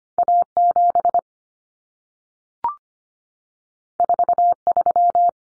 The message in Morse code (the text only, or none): A7 43